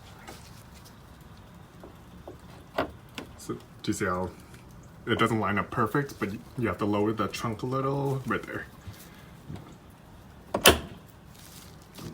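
On a 2010-2013 Acura ZDX, the trunk lid is lowered slightly so the second end of a replacement gas strut lines up, then its end socket is pressed onto the trunk lid ball stud while someone talks. The socket snaps into place with two sharp clicks at 10.6 s and 10.7 s, and the strut is seated.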